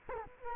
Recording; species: mosquito wingbeat signal from an infrared sensor; Culex quinquefasciatus